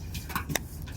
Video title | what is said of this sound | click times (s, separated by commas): 2014 ~ Schatt & Morgan Quart Gunstock Trapper in Goldenroot Worm Groove Bone ~ Born to be Bad | so when we go like so and ready you'll hear the snap | 0.6 s